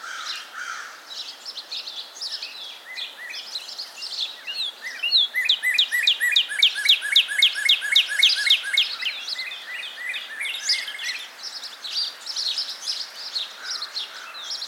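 Northern cardinal song: faint notes, then a long run of rapid repeated downslurred notes.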